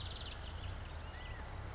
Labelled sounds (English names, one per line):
California Quail